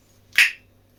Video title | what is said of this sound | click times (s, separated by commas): Mr Wallflowers Loaded Pizza 🍕#costoflivingcrisis #ukprepping #homemade #homemadefood | You can hear the pop, how it's been sealed. | 0.4 s